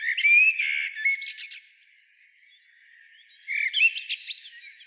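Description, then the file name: Common blackbird phrase: a short fluty warble followed by a thin, high squeaky flourish, a short spell of near quiet, then another burst of twittering notes. "Turdus merula"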